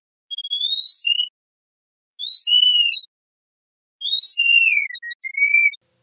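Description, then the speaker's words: Mouse song, slowed down: three bursts of high whistled notes that sweep up and down, separated by pauses of about a second. Male mouse singing to attract a mate; ultrasonic call slowed down to human hearing range. "This is an example of a mouse sound slowed down enough that humans can hear it, specifically a male mouse singing to attract a mate"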